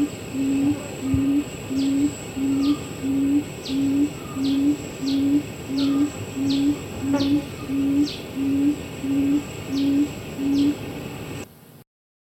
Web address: barred buttonquail call